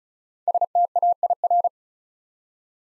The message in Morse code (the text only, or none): STAIR